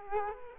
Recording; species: mosquito wingbeat signal from an infrared sensor; Culex quinquefasciatus